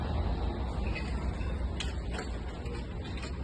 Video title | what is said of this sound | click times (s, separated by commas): Sukkahmart Rapid Roof Instructions | the triangle until the lock clicks in place. | 1.8 s